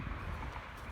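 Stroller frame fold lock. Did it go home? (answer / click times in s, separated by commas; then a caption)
no / none. A Baby Jogger City Mini GT compact stroller is unfolded by hand, with pressure in the seat area to engage the frame fold lock. Only a steady low rumble and soft handling noise are heard, with no sharp sounds. The fold lock has not clicked or locked yet.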